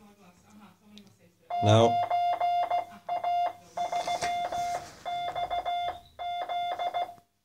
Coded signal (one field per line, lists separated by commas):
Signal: Morse code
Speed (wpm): 16 wpm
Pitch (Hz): 700 Hz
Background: speech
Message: 9A3XZ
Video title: 9a3xz - cw keyer on arduino uno